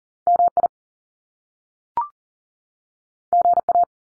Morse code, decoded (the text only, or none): MI GA